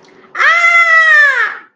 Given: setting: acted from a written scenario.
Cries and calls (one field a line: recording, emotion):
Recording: vocal sound without words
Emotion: fear